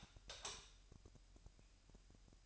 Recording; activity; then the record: daily activity, microphone in the room; light off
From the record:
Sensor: 2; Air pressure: 1001.7 hPa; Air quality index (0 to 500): 241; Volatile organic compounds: 31 ppm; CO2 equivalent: 2988 ppm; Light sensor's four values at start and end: 9/26/10/10 and 4/10/4/4